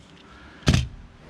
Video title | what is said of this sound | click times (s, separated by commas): EASY way to CLEAN your ENGINE BAY! Chevy COLORADO Maintenance. Replace THIS easily broken part! | and then you can snap the cover down | 0.7 s